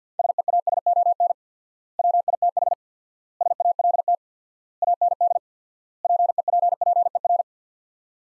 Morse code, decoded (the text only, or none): SEASON WITH SALT AND PEPPER